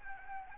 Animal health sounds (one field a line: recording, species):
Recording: mosquito wingbeat signal from an infrared sensor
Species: Anopheles arabiensis